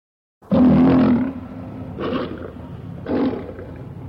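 Lion roaring: one long, deep, rough roar followed by two shorter grunting roars, with a low rumble between them.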